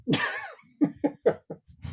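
An adult woman in the background coughs again: a harsh opening cough followed by four quick, forceful, vicious coughs in a rapid fit, in a small room.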